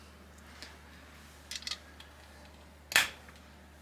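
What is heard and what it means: A crooked valve shim on a Mazda Miata is pressed down into its lifter bucket on the cylinder head, with a few faint ticks and light clicks around 0.6 s, 1.5 to 1.7 s and 2.0 s. A sharp, loud click at 3.0 s marks the shim seating in place, followed by a soft tick at 3.3 s.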